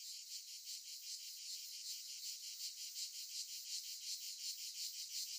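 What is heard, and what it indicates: A shrill, high-pitched buzz pulses steadily at roughly 160 beats a minute, much like cicadas singing. It is a simulation of an adult's tinnitus, the phantom ringing or buzzing heard in one's own ears, as it sounded at its onset, around fifteen years ago, before it changed into a less pleasant noise.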